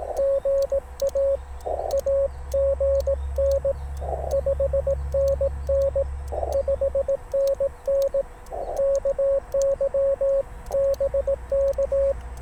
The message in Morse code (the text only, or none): GA AGN 5NN 5NN KYBK